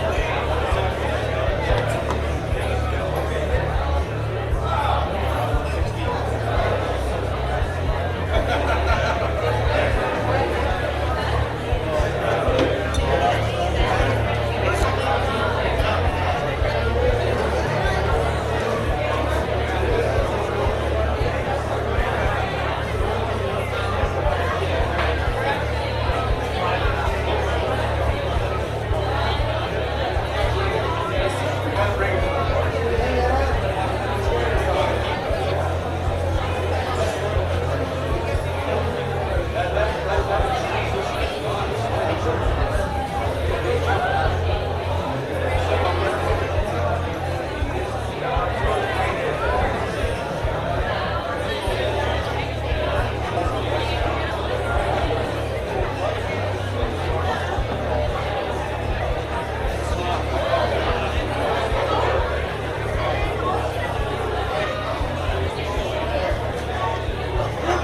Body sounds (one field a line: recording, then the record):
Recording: background sound without coughing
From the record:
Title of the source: CITY SOUNDS Busy Bar in the Evening Night - 2 HOURS of Ambiance for Relaxation